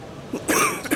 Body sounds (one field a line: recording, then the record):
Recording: coughing mixed with background sound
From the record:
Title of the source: 31 night wet cough